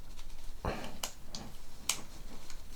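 A plastic mounting frame is squeezed together around a DJI Osmo Action 4 action camera, with several small plastic clicks and ticks across the clip. The frame snaps into place with a sharp, bright click at 1.9 s, and the camera is seated in its mount.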